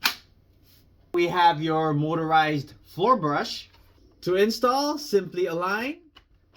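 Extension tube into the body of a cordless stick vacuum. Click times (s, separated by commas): 0.1 s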